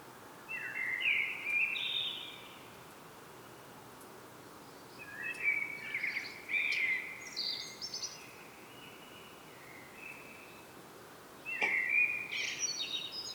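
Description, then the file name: Common blackbird singing several varied fluty phrases, some long and rambling, with thin high squeaks and an occasional sharp click. "Turdus merula"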